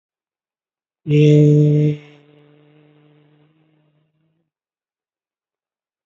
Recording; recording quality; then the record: sustained vowel as in made; excellent, no background noise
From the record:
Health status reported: recovered from COVID-19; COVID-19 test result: positive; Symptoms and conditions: cough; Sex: male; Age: 49 years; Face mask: worn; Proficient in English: yes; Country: India